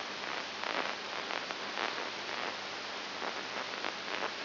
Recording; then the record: brain microelectrode recording played as sound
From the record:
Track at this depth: inside the subthalamic nucleus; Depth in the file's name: 6.301 mm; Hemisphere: left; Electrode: 2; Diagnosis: Parkinson's disease